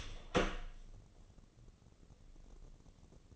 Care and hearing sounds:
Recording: daily activity, microphone in the room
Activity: open door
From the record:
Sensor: 4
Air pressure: 1013.1 hPa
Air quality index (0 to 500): 176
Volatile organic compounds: 2 ppm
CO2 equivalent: 1112 ppm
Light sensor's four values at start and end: 78/191/81/82 and 98/245/102/109

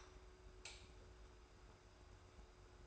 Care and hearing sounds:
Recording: daily activity, microphone in the room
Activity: light on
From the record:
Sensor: 2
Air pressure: 990.9 hPa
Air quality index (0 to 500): 120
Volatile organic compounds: 84 ppm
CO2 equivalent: 3642 ppm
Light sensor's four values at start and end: 25/60/24/24 and 30/78/31/31

